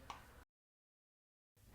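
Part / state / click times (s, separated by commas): panel screw backing out of a dryer control panel / released / 0.1 s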